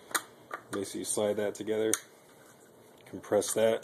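An M14 rifle component is slid together with its mating part and compressed along the receiver track, with short metallic handling taps while someone talks. The parts have not clicked or seated yet by the end of the clip.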